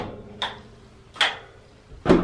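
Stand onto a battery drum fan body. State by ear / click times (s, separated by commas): seated / 0.4 s, 1.2 s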